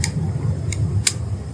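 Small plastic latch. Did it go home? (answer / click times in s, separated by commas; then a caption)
partly / 1.1 s. A DJI Osmo Action 5 Pro action camera is pressed into its quick-release mount in portrait orientation, with two lighter ticks at 0.0 and 0.7 s over a low steady hum. A sharp click at 1.1 s is only one side of the quick-release latch catching. The camera sits crooked, only partly seated, with its two sides not level.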